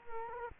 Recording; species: mosquito wingbeat signal from an infrared sensor; Culex quinquefasciatus